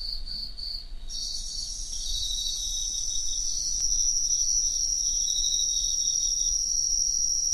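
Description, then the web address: Cricket song: pulsed chirps, then a loud continuous high trill with a lower pulsing chirp running alongside. "Hoerbeispiele Grillen"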